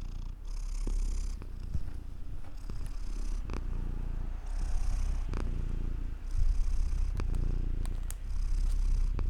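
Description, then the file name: Cat purring, a continuous low rumbling throb that pulses steadily throughout, with a few soft clicks and rustles. "freesound purring cat"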